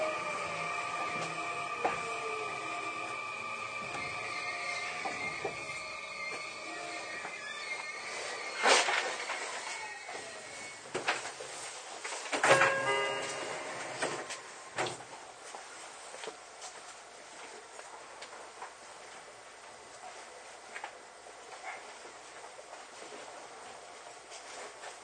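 Riding inside an electric commuter train: steady whining motor tones hum over a low rumble for the first several seconds. Sharp clacks and rattles come around 9, 12 and 15 seconds, then the ride quiets, leaving scattered light clicks as the train eases along.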